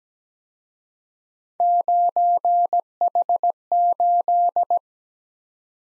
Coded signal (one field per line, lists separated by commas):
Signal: Morse code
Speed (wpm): 20 wpm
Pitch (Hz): 700 Hz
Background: none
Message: 9H8